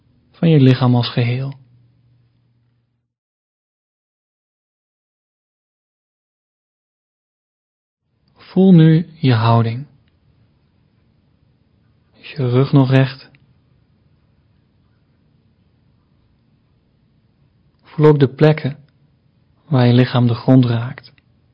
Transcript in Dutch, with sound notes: van je lichaam als geheel.Voel nu je houding…is je rug nog recht [korte stilte] Voel ook de plekken waar je lichaam de grond raakt.